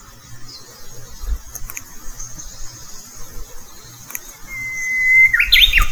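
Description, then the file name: Japanese bush warbler song: a long, steady whistled note followed by a quick, tumbling flourish of higher notes at the end. "ウグイスの鳴き声"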